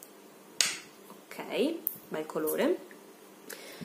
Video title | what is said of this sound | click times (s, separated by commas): SPACCHETTO - video SGANGHERATO | devo lasciargli un po' macerare fa anche un bel Click Ok | 0.6 s